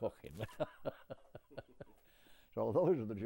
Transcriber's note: laughs